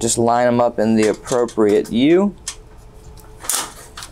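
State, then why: Seated. Someone talks while lining up the two pegs of the right-hand metal sliding rail for an HPE ProLiant DL380 Gen10 server with the rack post's U holes, at positions eight and nine. The rail is pushed in and latches with a sharp click at 3.5 s, and it is seated firmly in the rack.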